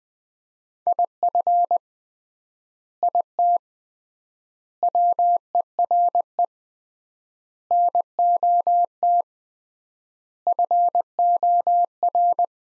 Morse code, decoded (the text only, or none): IF IT WERE NOT FOR